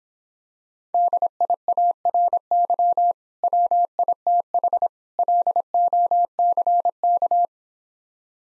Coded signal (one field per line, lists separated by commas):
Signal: Morse code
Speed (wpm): 26 wpm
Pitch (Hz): 700 Hz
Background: none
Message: DIARY WITH LOCK